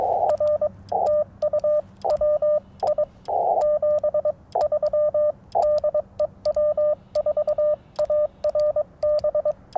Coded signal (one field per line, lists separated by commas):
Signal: Morse code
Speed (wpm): 22 wpm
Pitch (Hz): 600 Hz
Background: radio noise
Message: R TU WI 73 DE W4ARB